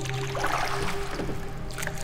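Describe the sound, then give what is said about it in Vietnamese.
A wooden boat oar strokes through water in steady, rhythmic swishes over a low, continuous watery wash, as someone rows a boat, with no voices. “Lần này thì nó rõ ràng hơn rất nhiều, là tiếng của một cây dầm ghe đang quạnh dưới nước.”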